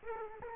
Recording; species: mosquito wingbeat signal from an infrared sensor; Aedes aegypti